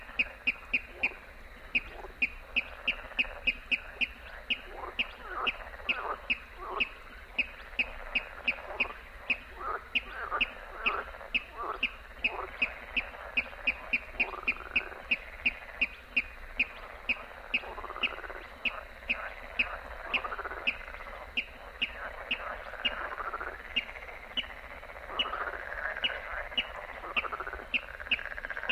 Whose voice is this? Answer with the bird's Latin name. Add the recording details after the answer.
Rallus aquaticus. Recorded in the wild. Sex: male. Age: adult. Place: Warsow, Kummerower See, Mecklenburg-Vorpommern, DE. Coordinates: 53.8375, 12.8506. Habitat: wetland. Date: 2009-06-15 23:33. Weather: heiter, schwacher Wind aus West, ca. 15 °C. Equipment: Sound Devices 702, Sennheiser MKH 70, Popschutz. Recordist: Frommolt, Karl-Heinz. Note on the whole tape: Polder Große Rosin bei Warsow: "Tickern" einer Wasserralle. Entfernung ca. 20 m. Zuvor waren hohe Rufe (nicht aufgenommen) zu hören - wahrscheinlich Jungvögel